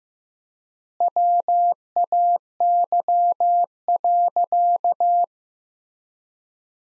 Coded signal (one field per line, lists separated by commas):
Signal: Morse code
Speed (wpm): 15 wpm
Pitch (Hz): 700 Hz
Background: none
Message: WAY.